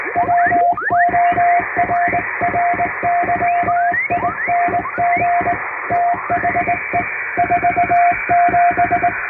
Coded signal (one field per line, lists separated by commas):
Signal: Morse code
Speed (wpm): 21 wpm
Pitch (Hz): 700 Hz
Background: music, radio noise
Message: WORRYING THE 47